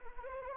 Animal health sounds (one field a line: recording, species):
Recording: mosquito wingbeat signal from an infrared sensor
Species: Anopheles arabiensis